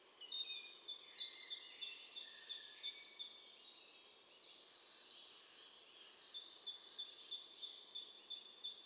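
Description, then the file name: Great tit calls: two long runs of quick, regular, high ringing notes, roughly four per second, separated by a short quiet gap. "Parus major"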